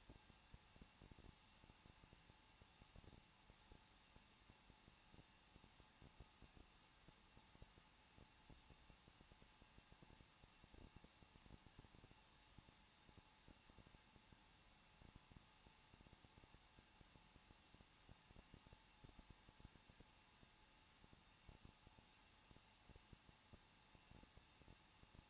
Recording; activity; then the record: daily activity, microphone in the room; no activity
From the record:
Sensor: 1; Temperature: 20.1 degrees Celsius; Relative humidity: 39.1%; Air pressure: 1006.4 hPa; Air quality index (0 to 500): 216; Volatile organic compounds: 74 ppm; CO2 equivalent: 3555 ppm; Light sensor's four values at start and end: 1/2/1/1 and 1/2/1/1